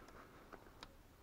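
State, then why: Seated. On a BMW M3 E36 S50B32 engine, the plastic injector wiring harness rail with its retaining clips is pushed onto the fuel injectors, which must audibly latch. Two short, sharp clicks sound at 0.5 s and 0.8 s against a quiet background. The connector rail is seated on the injectors.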